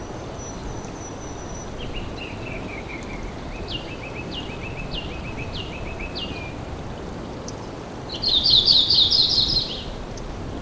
Audubon's Warbler song recorded in Big Meadows in Rocky Mountain National Park.